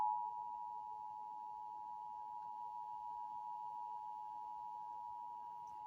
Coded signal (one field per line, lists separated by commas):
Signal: Emergency Alert System (SAME) tones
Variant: 853 and 960 Hz attention tone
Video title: EAS Alerts from July 30 - 31 2024 SWO KHB59 Beaver CH12